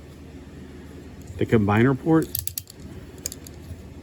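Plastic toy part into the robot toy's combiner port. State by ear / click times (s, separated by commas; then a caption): not seated / none. A plastic part of a transforming robot toy is being pressed in at the toy's combiner port. Someone talks, and brief sharp handling taps occur near 2.6 and 3.3 seconds. Nothing has seated or clicked into place yet.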